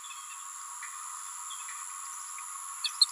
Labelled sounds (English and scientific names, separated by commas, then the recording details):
Green-rumped Parrotlet (Forpus passerinus) babbling
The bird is a female
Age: 28 days
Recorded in a nest box in Venezuela
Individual 17B31A3